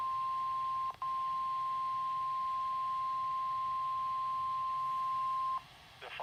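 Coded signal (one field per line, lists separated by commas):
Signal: Emergency Alert System (SAME) tones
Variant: 1050 Hz attention tone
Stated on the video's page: Flood watch SAME tones from NOAA weather radio transmitter.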